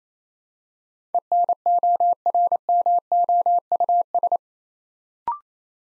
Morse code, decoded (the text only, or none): ENORMOUS